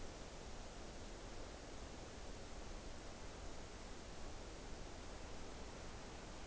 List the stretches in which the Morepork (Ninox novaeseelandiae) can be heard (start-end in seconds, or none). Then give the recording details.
none. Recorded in New Zealand on 29 April 2014. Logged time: 02:19. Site Ponui